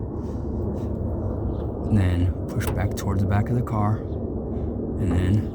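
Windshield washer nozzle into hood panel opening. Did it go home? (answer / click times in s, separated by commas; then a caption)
no / none. A plastic windshield washer nozzle for a 2014–2019 Corolla is positioned in its hood panel opening with the back part up, then slid toward the rear of the car before the front is pushed up to lock. Someone talks over a steady low rumble. Nothing has clicked or locked yet in this stretch.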